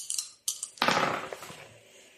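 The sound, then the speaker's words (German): A few quick clicks of dice shaken in a hand, then a louder clattering tumble across a hard surface that rattles briefly and settles into quiet, as dice are rolled on a table for a smell check. “Mach mal eine Würfelprobe auf Riechen.”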